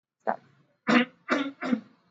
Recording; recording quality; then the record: heavy voluntary cough; poor, much background noise or distortion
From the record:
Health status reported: exposed to COVID-19, no respiratory illness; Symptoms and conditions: cough, cold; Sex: male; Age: 24 years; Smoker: no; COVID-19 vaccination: both doses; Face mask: worn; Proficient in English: yes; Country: India